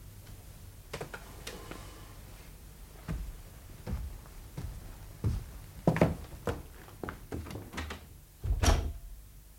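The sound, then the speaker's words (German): A door being opened and shut, with a string of irregular clicks, latch rattles and soft knocks, ending in a heavier thump as it closes. No one speaks. “Ich mache Ihnen Licht. Und die Tür ist auf.”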